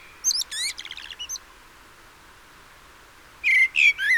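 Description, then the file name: Common blackbird calls: high, thin twittering notes in a fast stuttering run, a pause of two seconds, then three louder squeaky notes sliding downward. "Turdus merula"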